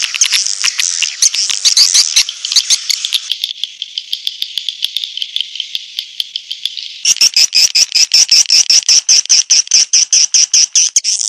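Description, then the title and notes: Swiftlet chirping calls: dense high twittering, then from about seven seconds a sharp rapid series of clicking chirps repeated a few times per second. Swiftlet farming sound from Asia. "Swiflet Bird Sound. Farming Swiflet Bird asia sound"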